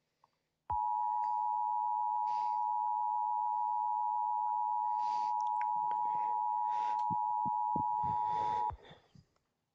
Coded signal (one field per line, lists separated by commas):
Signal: Emergency Alert System (SAME) tones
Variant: 853 and 960 Hz attention tone